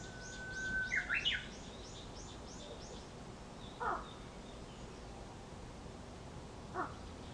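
Japanese bush warbler gives one full song, a held whistle then a sharp tumbling phrase, followed later by two short separate sounds.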